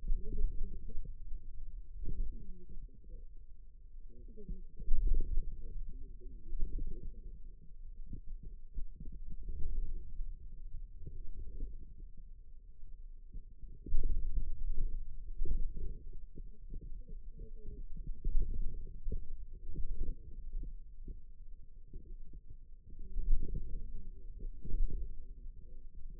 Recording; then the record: forearm muscle sounds (acoustic myography)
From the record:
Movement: wrist extension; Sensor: system 2, bracelet of six BSWA MPA416 microphones around the upper forearm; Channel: 4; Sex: female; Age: 21 years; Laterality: right